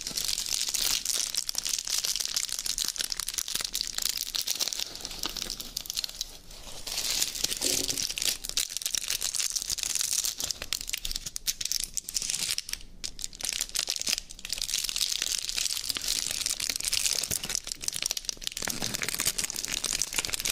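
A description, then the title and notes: Eating sounds from a döner and Coca Cola: dense, crinkly crackling fills the whole stretch, bright and hissy, like wrapping paper being handled and crunched. The texture stays busy throughout, with brief dips near 6 and 13 seconds and small lower chewing thuds. Mukbang ASMR Food Döner & Coca Cola.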